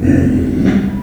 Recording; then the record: squeal of a Yucatan mini pig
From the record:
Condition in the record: after surgery on the right vocal fold (resection and tissue-engineered implant); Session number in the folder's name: 1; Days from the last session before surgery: 13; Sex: female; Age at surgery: 19 weeks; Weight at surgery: 25 kg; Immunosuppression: prednisolone